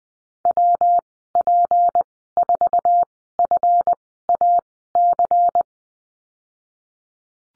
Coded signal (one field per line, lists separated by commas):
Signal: Morse code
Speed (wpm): 20 wpm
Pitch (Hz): 700 Hz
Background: none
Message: WP4FAC